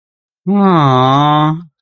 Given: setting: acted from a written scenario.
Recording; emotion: vocal sound without words; adoration